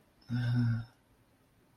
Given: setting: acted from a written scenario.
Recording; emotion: vocal sound without words; ecstasy